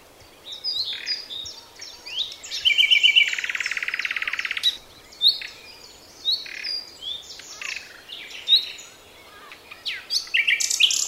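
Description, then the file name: Common nightingale song: rich mix of whistled notes and chirps with a long rapid rattling trill midway, phrases broken by brief pauses over faint background noise. "Luscinia megarhynchos"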